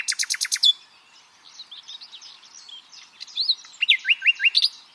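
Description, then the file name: Common nightingale song: a fast string of hard repeated notes, a pause of softer twittering, then ringing rising whistles and a rapid rolling series. "Luscinia megarhynchos"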